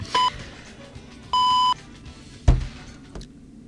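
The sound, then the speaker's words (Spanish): Radio time signal beeps marking 16:30: a short electronic pip followed a second later by a longer, steady tone at the same mid-high pitch, then a dull thump. No one speaks. “Esas fueron las 16:30”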